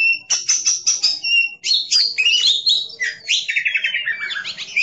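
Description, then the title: Oriental magpie-robin song, a rapid run of sharp chips followed by varied whistled phrases and a fast trilling rattle, continuous and loud. "Kacer5"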